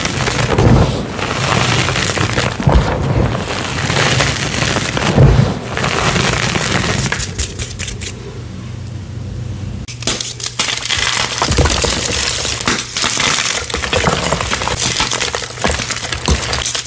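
Colorful dyed chalk blocks are crushed into powder, a dense, gritty crunching that runs almost without pause. Sharp cracks punctuate the grinding, with a softer, thinner stretch around eight to ten seconds before the heavy crumbling resumes. A low steady hum sits underneath.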